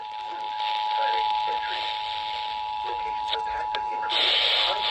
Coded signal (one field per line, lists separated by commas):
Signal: Emergency Alert System (SAME) tones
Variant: 853 and 960 Hz attention tone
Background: speech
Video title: Severe Weather EAS Alerts Part 2 (EAS 85 - 113)